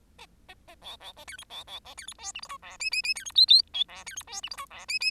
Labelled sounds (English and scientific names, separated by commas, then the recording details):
Bengalese Finch (Lonchura striata domestica) song
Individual Bird10